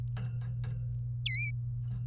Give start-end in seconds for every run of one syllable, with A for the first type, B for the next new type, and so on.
1.26-1.51 A